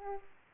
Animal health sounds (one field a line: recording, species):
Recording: mosquito wingbeat signal from an infrared sensor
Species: Aedes aegypti